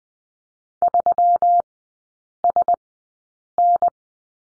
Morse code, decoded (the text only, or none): 3SN